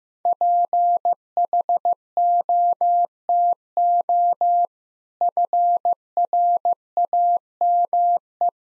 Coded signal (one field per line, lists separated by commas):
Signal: Morse code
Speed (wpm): 16 wpm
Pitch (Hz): 700 Hz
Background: none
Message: PHOTO FRAME